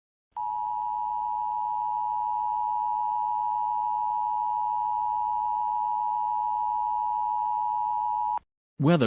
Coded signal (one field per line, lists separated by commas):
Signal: Emergency Alert System (SAME) tones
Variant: 853 and 960 Hz attention tone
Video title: EAS Tsunami Warning for Hawaii (7/13/2009)